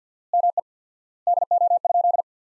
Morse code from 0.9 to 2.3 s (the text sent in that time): DO?